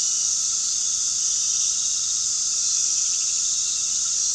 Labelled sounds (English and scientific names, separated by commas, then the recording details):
none
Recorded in pastures near Puerto Asís, Putumayo, Colombia, on 18 February 2024 at 19:30
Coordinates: 0.468, -76.328
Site G6414